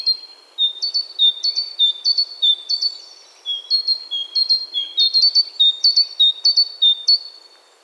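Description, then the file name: Great tit song: a bright two-note phrase, high note then lower note, repeated rapidly and steadily throughout with a brief pause near the middle. "Parus major"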